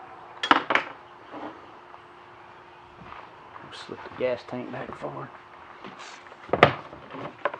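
A plastic ATV gas tank is handled and slid forward toward the frame mounting pockets where its tabs will lock in, with sharp knocks and clatter around 0.4–0.8 s, 6.5–6.6 s and 7.5 s while someone talks. The tank has not clicked or seated into its mounts yet.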